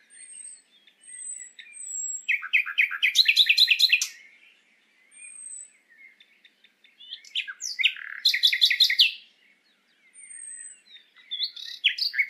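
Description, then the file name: Common nightingale song phrases of rapid repeated notes and trills, separated by pauses with thin high whistles and soft quiet notes. "Luscinia megarhynchos"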